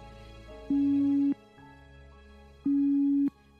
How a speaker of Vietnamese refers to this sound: Có chuông, số điện thoại này liên lạc được.